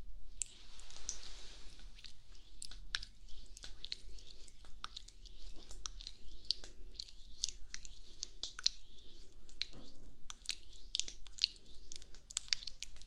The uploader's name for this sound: Massage Gentle Brush Ear Cleaning